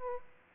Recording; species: mosquito wingbeat signal from an infrared sensor; Aedes aegypti